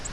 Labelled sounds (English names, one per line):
Virginia's Warbler flight call